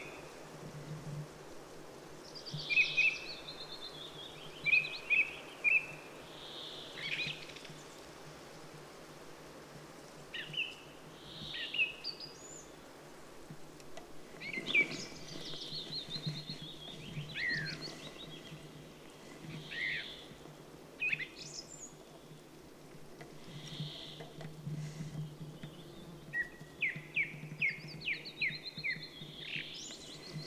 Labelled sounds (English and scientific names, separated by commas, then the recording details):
Song Thrush (Turdus philomelos) song
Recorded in the wild
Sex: male
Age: adult
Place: Halbinsel Kindo, Karelien, RU
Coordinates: 66.55, 33.1
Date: 1998-06-21 21:06
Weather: clear, 12°C, weak easterly winds
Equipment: Aiwa HD-S1, Telinga Pro 5
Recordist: Frommolt, Karl-Heinz